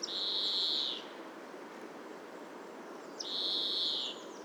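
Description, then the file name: European greenfinch calling with two drawn-out buzzy, wheezing notes against a faint constant hiss. "Chloris chloris"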